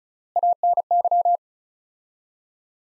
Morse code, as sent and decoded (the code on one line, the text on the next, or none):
.- -. -.--
ANY